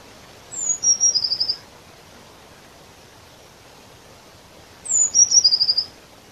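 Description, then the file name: Eurasian blue tit, two calls roughly four seconds apart, each a sharp high sliding note then a brisk buzzy trill of short notes, over faint steady background noise. "Cyanistes caeruleus"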